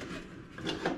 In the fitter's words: line up the flappers push it up locks into place it couldn't be easier